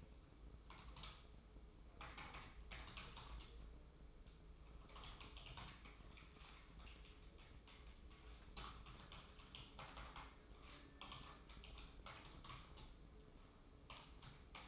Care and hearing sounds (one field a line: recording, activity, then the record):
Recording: daily activity, microphone in the room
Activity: typing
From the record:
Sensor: 1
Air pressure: 995.3 hPa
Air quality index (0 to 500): 28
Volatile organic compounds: 1 ppm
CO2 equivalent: 541 ppm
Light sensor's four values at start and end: 17/58/21/23 and 17/58/21/23